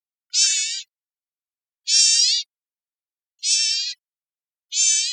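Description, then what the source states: Bird uttering four harsh, nasal calls at fairly regular intervals, each about half a second long, with silence between them. Costa Rica.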